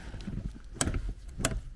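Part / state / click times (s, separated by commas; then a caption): handbrake lever ratchet pawl in the car's handbrake mechanism / seated / 0.8 s, 1.5 s. On a Land Rover Freelander 2 (LR2), the handbrake lever is pulled up without pressing the release button after the rear cable has been adjusted, and its metal ratchet pawl clicks over the teeth. Two sharp clicks ring out at about 0.8 s and 1.5 s over a low rumble, with fainter ticks around them. The handbrake ratchet locks with two clicks, maybe three.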